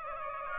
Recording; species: mosquito wingbeat signal from an infrared sensor; Aedes aegypti